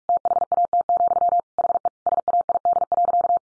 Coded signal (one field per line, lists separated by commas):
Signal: Morse code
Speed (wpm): 44 wpm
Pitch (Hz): 700 Hz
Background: none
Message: THAT, HE SAID.